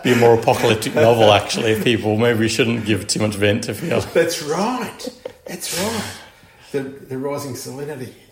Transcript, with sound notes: Be a more apocalyptic novel, actually – people maybe shouldn’t give too much vent to feel. [laughs]
That’s right, that’s right. The rising salinity.